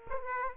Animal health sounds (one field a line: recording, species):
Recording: mosquito wingbeat signal from an infrared sensor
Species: Aedes aegypti